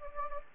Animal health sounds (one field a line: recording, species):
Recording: mosquito wingbeat signal from an infrared sensor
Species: Anopheles gambiae